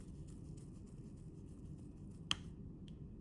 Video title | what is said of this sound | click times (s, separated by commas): Torque Protocols | That audible click says now you've released it. | 2.3 s